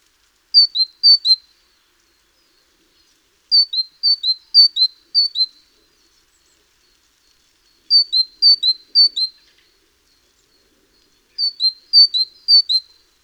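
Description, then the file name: Great tit delivering short bursts of a few two-note phrases, each pair a high note sliding to a lower one, with silent pauses between. "Parus major"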